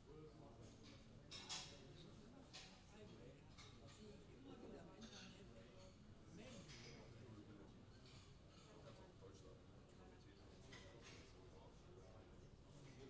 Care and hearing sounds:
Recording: everyday scene through a hearing-aid microphone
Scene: many people talking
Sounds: many voices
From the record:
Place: university cafeteria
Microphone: in the ear canal, left

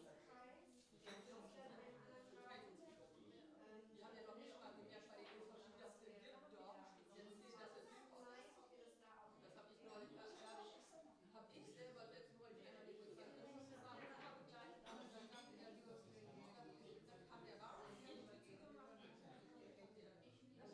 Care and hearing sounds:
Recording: everyday scene through a hearing-aid microphone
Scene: many people talking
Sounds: many voices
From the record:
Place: parish hall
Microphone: in the ear canal, left

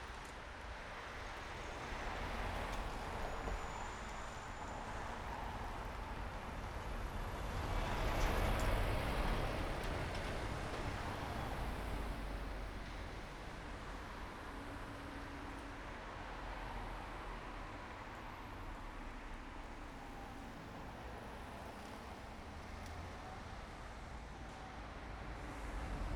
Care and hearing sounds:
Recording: everyday scene through a hearing-aid microphone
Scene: in traffic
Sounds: traffic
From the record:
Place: main road on the outskirts, rush hour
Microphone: behind the ear, right, rear

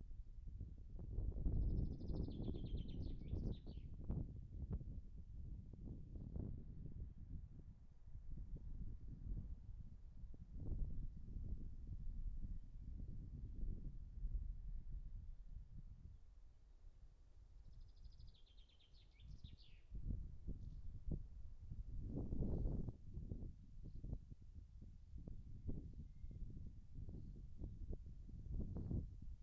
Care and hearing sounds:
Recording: everyday scene through a hearing-aid microphone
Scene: wind on the microphone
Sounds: wind, birds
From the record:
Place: in front of a rural house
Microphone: behind the ear, right, rear

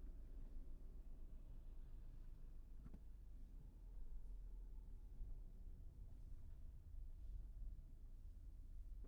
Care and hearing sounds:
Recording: everyday scene through a hearing-aid microphone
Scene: in a vehicle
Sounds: engine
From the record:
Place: Berlingo II, diesel engine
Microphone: behind the ear, right, rear

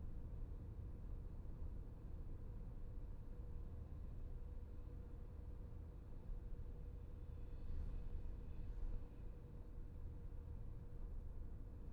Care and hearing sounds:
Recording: everyday scene through a hearing-aid microphone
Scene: in a vehicle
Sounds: engine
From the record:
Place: VW T5 Caravelle, diesel engine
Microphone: behind the ear, left, front

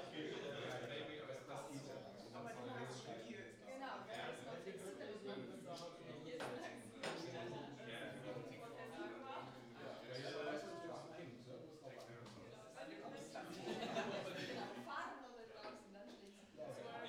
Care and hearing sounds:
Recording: everyday scene through a hearing-aid microphone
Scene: many people talking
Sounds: many voices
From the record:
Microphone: in the ear canal, right

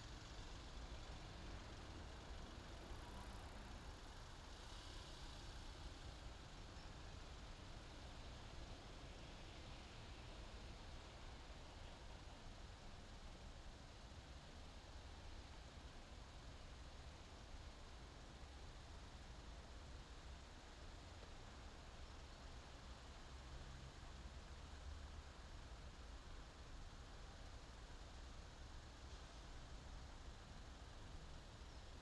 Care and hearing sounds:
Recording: everyday scene through a hearing-aid microphone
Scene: in traffic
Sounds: traffic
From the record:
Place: main city hub, rush hour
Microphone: in the ear canal, left

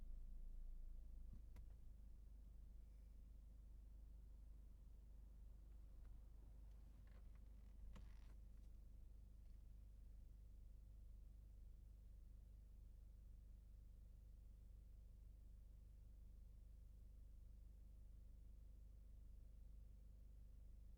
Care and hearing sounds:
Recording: everyday scene through a hearing-aid microphone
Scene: in a vehicle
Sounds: engine idling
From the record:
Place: Berlingo II, diesel engine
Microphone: behind the ear, left, rear

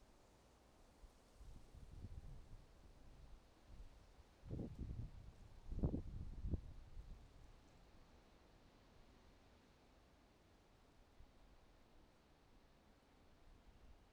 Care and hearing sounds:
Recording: everyday scene through a hearing-aid microphone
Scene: wind on the microphone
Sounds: wind, traffic, birds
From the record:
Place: suburban garden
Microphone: in the ear canal, right

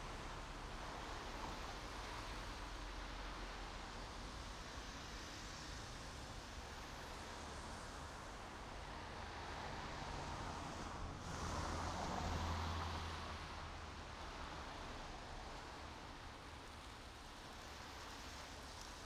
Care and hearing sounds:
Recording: everyday scene through a hearing-aid microphone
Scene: in traffic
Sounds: traffic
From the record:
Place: main road on the outskirts, rush hour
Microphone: in the ear canal, right

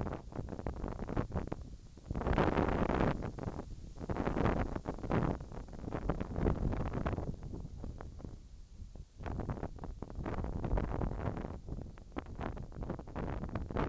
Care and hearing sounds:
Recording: everyday scene through a hearing-aid microphone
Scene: wind on the microphone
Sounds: wind, whistling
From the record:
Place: in front of a rural house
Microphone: in the ear canal, left

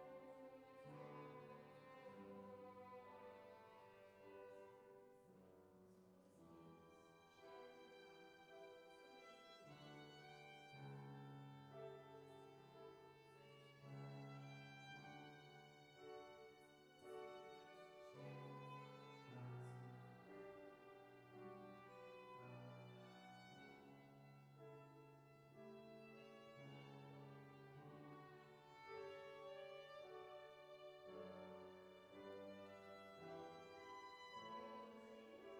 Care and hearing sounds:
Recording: everyday scene through a hearing-aid microphone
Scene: reverberant space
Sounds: music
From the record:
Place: church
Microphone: behind the ear, left, rear

